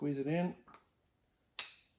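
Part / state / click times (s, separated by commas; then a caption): snap ring into driveshaft u-joint yoke groove / seated / 1.6 s. Someone talks, then a modified steel snap ring is squeezed into the groove of a 1966 Corvair driveshaft yoke to retain a new u-joint bearing cup. At 1.6 s there is a sharp, bright snap with a short ringing decay, and the snap ring is seated in the groove.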